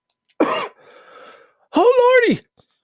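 An adult coughs after choking on saliva: a harsh burst, a breathy gasp, then a voiced, strained cough-like exclamation.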